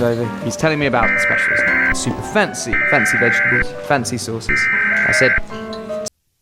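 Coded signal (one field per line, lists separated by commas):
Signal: Emergency Alert System (SAME) tones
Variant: header bursts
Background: speech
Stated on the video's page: Fictional EAS scenario, not a real broadcast.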